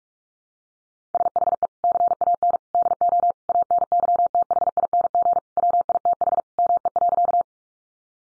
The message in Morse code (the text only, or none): SHE CAN DO ANYTHING WITH ME.